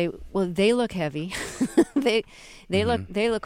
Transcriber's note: soundbite of laughter